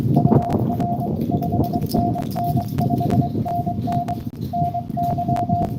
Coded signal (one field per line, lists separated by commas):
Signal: Morse code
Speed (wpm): 23 wpm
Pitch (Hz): 700 Hz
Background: none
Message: UR 5NN 5NN NY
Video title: N2AKJ is live at nessequogue river state park us-2114 doing pota